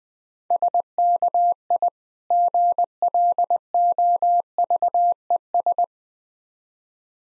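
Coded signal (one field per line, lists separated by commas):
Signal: Morse code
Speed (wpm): 20 wpm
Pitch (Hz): 700 Hz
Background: none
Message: SKI GLOVES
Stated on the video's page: Morse practice drill of difficult words at 20 wpm, speed-racing format with contextual hints.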